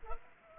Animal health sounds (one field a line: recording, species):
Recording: mosquito wingbeat signal from an infrared sensor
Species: Culex pipiens